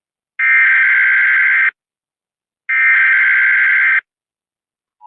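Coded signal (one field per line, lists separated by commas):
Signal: Emergency Alert System (SAME) tones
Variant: header bursts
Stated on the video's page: Simulated EAS scenario made with EAS Simulator Pro software, not a real alert.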